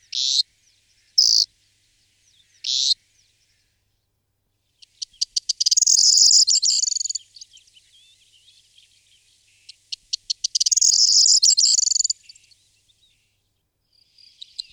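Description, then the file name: Corn bunting song: a few short high notes, then two songs that open with spaced ticks speeding up into a dry, jangling buzz. "emberiza calandra"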